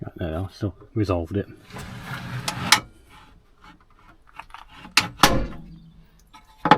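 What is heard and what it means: During a Peugeot Expert micro camper van build, a metal seat mount latch is handled at its vehicle floor fitting while someone talks. Several sharp metallic knocks are heard near 2.7, 5.0, 5.2 and 6.7 seconds. The mount has not seated or clicked in place yet.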